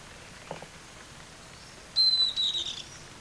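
Bird call: a single high, flat whistle lasting almost a second, slightly falling at the end, against quiet background hiss.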